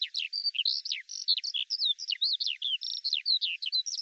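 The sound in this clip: Eurasian skylark pouring out a dense high warble of chirps, buzzy notes and quick trills without pause, background silent.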